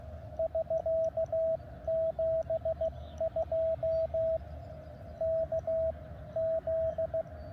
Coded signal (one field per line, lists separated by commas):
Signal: Morse code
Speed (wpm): 16 wpm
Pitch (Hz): 650 Hz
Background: radio noise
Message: <SK> 72 KZ